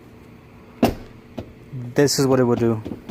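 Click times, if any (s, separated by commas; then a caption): none. A light VIS Racing carbon-fiber rear hatch on a Nissan 370Z is brought down one-handed onto the body striker, making a sharp thud at 0.9 s and a smaller knock at 1.4 s. Someone then talks. The hatch latch fails to catch, and nothing has seated or latched yet.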